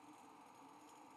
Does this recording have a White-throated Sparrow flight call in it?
no